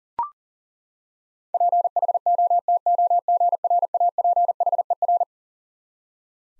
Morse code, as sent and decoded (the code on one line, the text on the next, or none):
.--. .... --- - --- --. .-. .- .--. .... . .-.
PHOTOGRAPHER